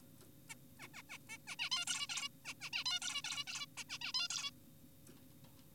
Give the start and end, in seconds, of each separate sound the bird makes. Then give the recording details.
0.50-0.54, 0.80-0.88, 0.94-1.02, 1.10-1.18, 1.29-1.38, 1.47-1.56, 1.59-1.70, 1.72-1.85, 1.88-2.07, 2.10-2.28, 2.45-2.54, 2.61-2.70, 2.73-2.84, 2.86-3.00, 3.02-3.22, 3.24-3.44, 3.47-3.66, 3.78-3.84, 3.90-3.98, 4.02-4.12, 4.14-4.28, 4.30-4.50. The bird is an adult. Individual g4p5U